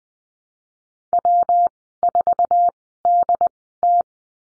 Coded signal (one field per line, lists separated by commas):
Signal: Morse code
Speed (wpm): 20 wpm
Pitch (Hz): 700 Hz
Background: none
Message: W4DT